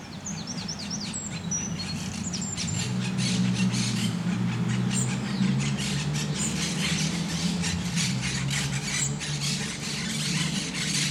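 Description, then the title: Parakeets giving harsh, scratchy screeches in quick repeated bursts throughout, over a steady low rumble. Parc de Forest, Saint-Gilles, Belgium; recorded with Sony PCM-D100 internal microphones in wide position. "Parc de Forest, 1060 Saint-Gilles, Belgique - Parakeets - Perruches"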